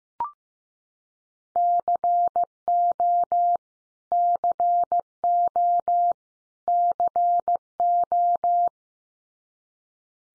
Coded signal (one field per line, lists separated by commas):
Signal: Morse code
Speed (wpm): 15 wpm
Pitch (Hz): 700 Hz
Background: none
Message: CO CO CO